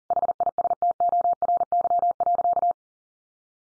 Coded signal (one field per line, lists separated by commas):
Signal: Morse code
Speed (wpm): 40 wpm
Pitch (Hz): 700 Hz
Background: none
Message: HISTORY.